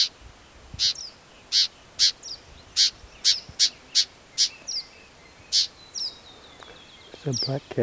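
Black-capped vireo singing a series of harsh clicks mixed with thin descending slurs, with a low rumbling sound near the end.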